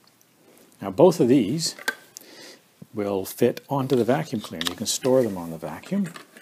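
A combination crevice tool and a stair tool are handled at their plastic storage mounts on the body of a Dyson Cinetic Big Ball upright vacuum while someone talks. A few faint, brief ticks are heard, including a sharp one near 2.2 seconds. Neither tool has seated or clicked into its mount yet.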